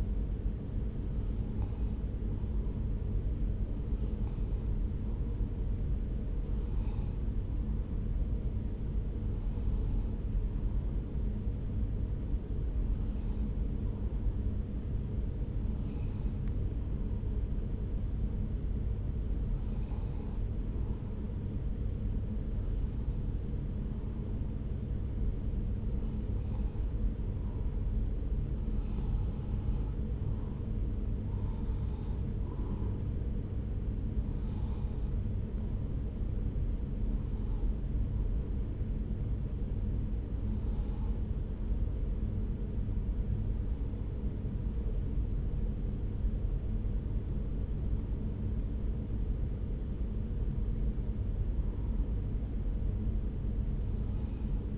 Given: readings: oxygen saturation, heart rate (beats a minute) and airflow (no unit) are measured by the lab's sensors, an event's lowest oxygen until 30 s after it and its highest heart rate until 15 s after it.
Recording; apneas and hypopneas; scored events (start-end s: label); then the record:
breathing in sleep by a smartphone at the bedside; none
none scored
From the record:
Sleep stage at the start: N2 (light sleep); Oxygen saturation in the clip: 93 to 95%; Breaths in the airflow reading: 17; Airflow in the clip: -2.5 to 1.7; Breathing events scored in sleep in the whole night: 335 in 6.7 hours asleep